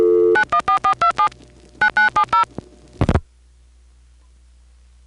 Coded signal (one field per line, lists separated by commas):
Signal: DTMF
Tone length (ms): 90 ms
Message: 914427 9970